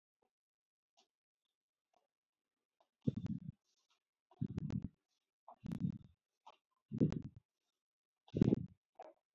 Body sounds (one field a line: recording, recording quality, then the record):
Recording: shallow breathing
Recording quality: poor, much background noise or distortion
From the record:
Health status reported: healthy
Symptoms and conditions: none ticked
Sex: female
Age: 39 years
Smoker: not ticked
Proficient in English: yes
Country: India